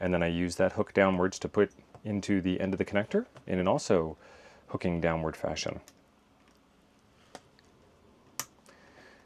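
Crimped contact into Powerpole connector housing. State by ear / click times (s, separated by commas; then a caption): seated / 8.4 s. A crimped metal contact, shaped like a spoon with a downward hook, is pushed hook-down into the end of a plastic Powerpole connector housing while someone talks. After the talking stops, a few faint ticks are heard, then the contact snaps into place with a sharp click at 8.4 s, showing it is all the way in.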